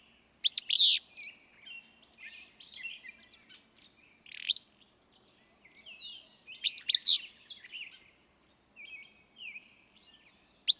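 Willow flycatcher song: abrupt, raspy phrases repeated several times, with quieter high chirps between them.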